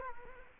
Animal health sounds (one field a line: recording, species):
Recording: mosquito wingbeat signal from an infrared sensor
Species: Culex quinquefasciatus